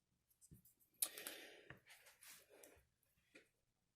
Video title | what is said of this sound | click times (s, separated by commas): Aegis Boost Setup Demo | the side with the airflow wheel goes in first at a bit of an angle and clicks into place | 1.0 s